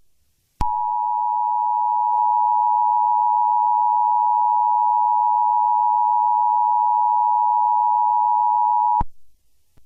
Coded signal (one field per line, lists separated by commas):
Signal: Emergency Alert System (SAME) tones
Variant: 853 and 960 Hz attention tone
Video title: EAS Scenario #40: A Race Against Time